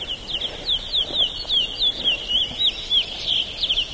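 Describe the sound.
Bird song: a rapid, lively stream of high chirped and slurred notes, rising and falling quickly, pulsing in small bursts several times a second with no pause; faint hiss behind.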